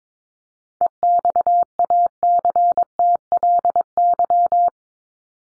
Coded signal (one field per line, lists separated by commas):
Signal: Morse code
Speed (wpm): 22 wpm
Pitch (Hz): 700 Hz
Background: none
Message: EXACTLY